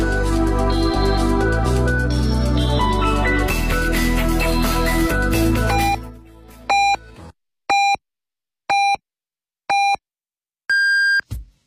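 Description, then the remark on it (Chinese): Music fades out, then a Beijing City Radio (FM 107.3) time signal sounds: four short, evenly spaced mid-pitched beeps a second apart, followed by one longer, higher-pitched tone marking 14:00 Beijing time. “北京城市广播1073，请您准确对时，现在是北京时间14点整。”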